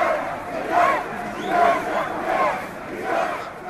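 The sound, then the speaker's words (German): In Kasserine, southern Tunisia, an angry crowd boos President Marzouki and shouts "Dégage" in rhythmic waves on the anniversary of the revolution, the loud chanted cries swelling roughly every second over a constant roar of many voices. “Das hätte sich Präsident Marzouki wohl nicht erwartet, dass ihn eine wütende Menschenmenge ausbuhen und Degage schreien würde.”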